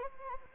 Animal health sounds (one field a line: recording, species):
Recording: mosquito wingbeat signal from an infrared sensor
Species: Anopheles arabiensis